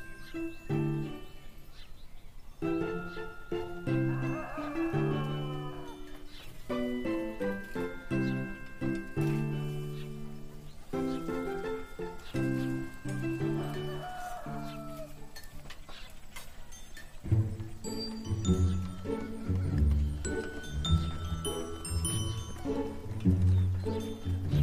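Farm animals call in a busy town, with repeated drawn-out cries and falling whinnies, then denser low clattering from about seventeen seconds onward.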